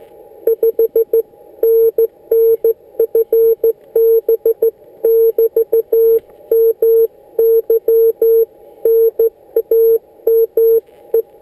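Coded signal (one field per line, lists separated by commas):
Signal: Morse code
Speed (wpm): 14 wpm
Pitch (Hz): 450 Hz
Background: none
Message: 5NN FB <BT> MY NAME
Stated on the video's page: CW contact on 28.050 MHz, QRP 5 W mobile with Yaesu 817ND and MFJ 1610 antenna, sent on a homemade key built from bicycle parts.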